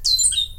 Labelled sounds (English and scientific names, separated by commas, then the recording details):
Stitchbird (Notiomystis cincta) song
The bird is a male
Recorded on Tiritiri Matangi Island, New Zealand, in 2005
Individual 22, of nest box 31